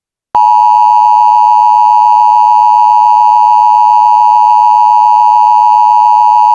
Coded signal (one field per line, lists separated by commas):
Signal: Emergency Alert System (SAME) tones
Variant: 853 and 960 Hz attention tone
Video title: EAS SCENARIO- ULTIMATE MASSACRE